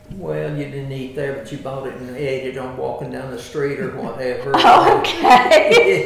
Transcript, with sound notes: Well you didn't eat there, but you bought it and ate it on walking down the street or whatever.
(Laughter) Okay.